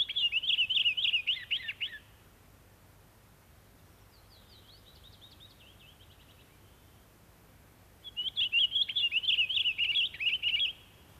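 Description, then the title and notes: Pine Grosbeak warbling song: a loud whistled phrase, a softer, thinner phrase after a pause, then another full rolling phrase near the end. "Taviokuurna. Jussi Salokorpi"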